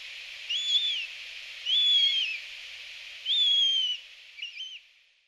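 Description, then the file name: Eurasian jay uttering three slurred whistles, then a pair of shorter wavering notes as the recording fades out. Recorded in Hyogo in March 2011. "kakesu 1103 hyogo kaji"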